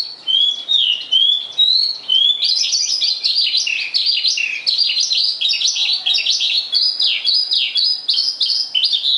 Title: Suara Burung Branjangan